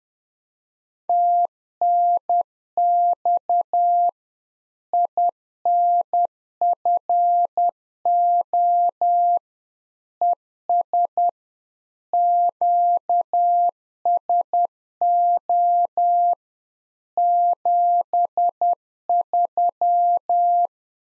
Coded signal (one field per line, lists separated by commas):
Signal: Morse code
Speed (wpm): 10 wpm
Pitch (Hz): 700 Hz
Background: none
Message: TNX INFO ES QSO 73